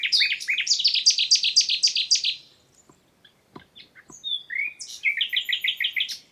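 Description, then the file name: Common nightingale song: a long rapid series of loud chirping notes, a pause with a few soft clicks, then a whistle and another fast repeated chirp run. "Luscinia megarhynchos"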